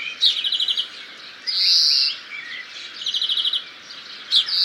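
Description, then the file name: European greenfinch: a fast rattled trill, then a sustained harsh wheeze, then another trill. "Chloris chloris"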